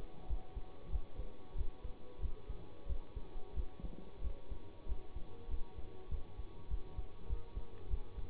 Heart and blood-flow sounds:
heart sounds by stethoscope; between the tricuspid and mitral areas; 95 bpm
0.27 s: heartbeat
0.90 s: heartbeat
1.55 s: heartbeat
2.20 s: heartbeat
2.87 s: heartbeat
3.54 s: heartbeat
4.21 s: heartbeat
4.86 s: heartbeat
5.48 s: heartbeat
6.09 s: heartbeat
6.68 s: heartbeat
7.27 s: heartbeat
7.88 s: heartbeat
From the record:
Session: bicycle stress test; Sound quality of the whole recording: good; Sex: male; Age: 24 years

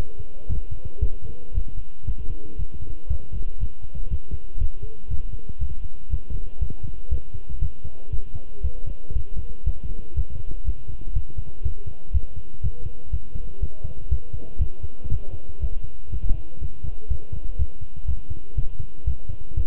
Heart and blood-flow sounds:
heart sounds by stethoscope; between the tricuspid and mitral areas; 120 bpm
0.49 s: heartbeat
1.01 s: heartbeat
1.54 s: heartbeat
2.07 s: heartbeat
2.58 s: heartbeat
3.09 s: heartbeat
3.60 s: heartbeat
4.10 s: heartbeat
4.60 s: heartbeat
5.10 s: heartbeat
5.60 s: heartbeat
6.11 s: heartbeat
6.61 s: heartbeat
7.11 s: heartbeat
7.61 s: heartbeat
8.12 s: heartbeat
8.63 s: heartbeat
9.15 s: heartbeat
9.66 s: heartbeat
10.16 s: heartbeat
10.66 s: heartbeat
11.15 s: heartbeat
11.64 s: heartbeat
12.13 s: heartbeat
12.63 s: heartbeat
13.12 s: heartbeat
13.61 s: heartbeat
14.10 s: heartbeat
14.60 s: heartbeat
15.10 s: heartbeat
15.61 s: heartbeat
16.11 s: heartbeat
16.61 s: heartbeat
17.10 s: heartbeat
17.58 s: heartbeat
18.08 s: heartbeat
18.57 s: heartbeat
19.06 s: heartbeat
19.56 s: heartbeat
From the record:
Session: walking at 3.7 km/h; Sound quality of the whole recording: good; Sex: male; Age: 25 years

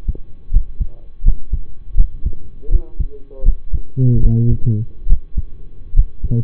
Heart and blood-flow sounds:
heart sounds by stethoscope; between the tricuspid and mitral areas; 77 bpm
0.50 s: heartbeat
1.22 s: heartbeat
1.95 s: heartbeat
2.69 s: heartbeat
3.43 s: heartbeat
4.20 s: heartbeat
5.07 s: heartbeat
5.93 s: heartbeat
From the record:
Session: rest, lying down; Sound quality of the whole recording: partially saturated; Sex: male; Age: 25 years

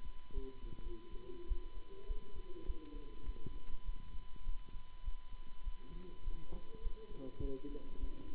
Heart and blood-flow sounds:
heart sounds by stethoscope; between the tricuspid and mitral areas; 102 bpm
0.31 s: heartbeat
0.80 s: heartbeat
1.45 s: heartbeat
2.04 s: heartbeat
2.63 s: heartbeat
3.22 s: heartbeat
3.82 s: heartbeat
4.42 s: heartbeat
5.01 s: heartbeat
5.61 s: heartbeat
6.21 s: heartbeat
6.79 s: heartbeat
7.38 s: heartbeat
7.96 s: heartbeat
From the record:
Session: Bruce protocol treadmill stress test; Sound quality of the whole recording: good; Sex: male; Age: 26 years

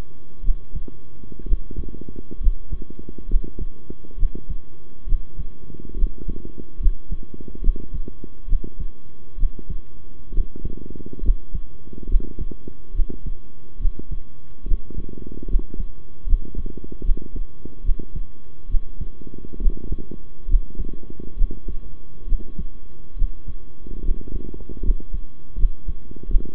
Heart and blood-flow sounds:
heart sounds by stethoscope; between the tricuspid and mitral areas; 70 bpm
0.43 s: heartbeat
1.45 s: heartbeat
2.40 s: heartbeat
3.28 s: heartbeat
4.17 s: heartbeat
5.06 s: heartbeat
5.96 s: heartbeat
6.79 s: heartbeat
7.61 s: heartbeat
8.47 s: heartbeat
9.37 s: heartbeat
10.32 s: heartbeat
11.22 s: heartbeat
12.08 s: heartbeat
12.93 s: heartbeat
13.79 s: heartbeat
14.65 s: heartbeat
15.48 s: heartbeat
16.26 s: heartbeat
17.03 s: heartbeat
17.83 s: heartbeat
18.69 s: heartbeat
19.60 s: heartbeat
20.47 s: heartbeat
21.36 s: heartbeat
22.26 s: heartbeat
23.16 s: heartbeat
24.03 s: heartbeat
24.82 s: heartbeat
25.57 s: heartbeat
26.28 s: heartbeat
From the record:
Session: rest, sitting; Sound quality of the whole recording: good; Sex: male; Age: 23 years

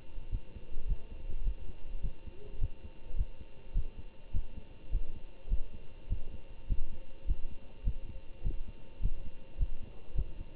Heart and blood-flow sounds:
heart sounds by stethoscope; between the tricuspid and mitral areas; 104 bpm
0.30 s: heartbeat
0.86 s: heartbeat
1.43 s: heartbeat
2.01 s: heartbeat
2.59 s: heartbeat
3.15 s: heartbeat
3.72 s: heartbeat
4.32 s: heartbeat
4.90 s: heartbeat
5.48 s: heartbeat
6.08 s: heartbeat
6.67 s: heartbeat
7.25 s: heartbeat
7.83 s: heartbeat
8.42 s: heartbeat
9.01 s: heartbeat
9.57 s: heartbeat
10.14 s: heartbeat
From the record:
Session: Bruce protocol treadmill stress test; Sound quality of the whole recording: good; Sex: male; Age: 25 years

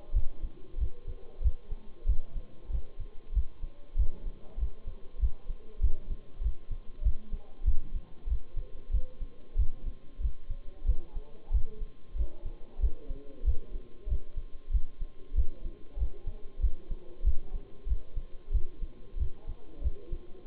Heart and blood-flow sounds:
heart sounds by stethoscope; between the tricuspid and mitral areas; 94 bpm
0.15 s: heartbeat
0.79 s: heartbeat
1.43 s: heartbeat
2.07 s: heartbeat
2.72 s: heartbeat
3.35 s: heartbeat
3.98 s: heartbeat
4.59 s: heartbeat
5.21 s: heartbeat
5.82 s: heartbeat
6.43 s: heartbeat
7.04 s: heartbeat
7.66 s: heartbeat
8.29 s: heartbeat
8.92 s: heartbeat
9.57 s: heartbeat
10.22 s: heartbeat
10.87 s: heartbeat
11.53 s: heartbeat
12.17 s: heartbeat
12.81 s: heartbeat
13.46 s: heartbeat
14.09 s: heartbeat
14.72 s: heartbeat
15.36 s: heartbeat
15.99 s: heartbeat
16.62 s: heartbeat
17.25 s: heartbeat
17.88 s: heartbeat
18.53 s: heartbeat
19.19 s: heartbeat
19.83 s: heartbeat
From the record:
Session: Bruce protocol treadmill stress test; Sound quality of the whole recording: partially saturated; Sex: male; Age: 23 years

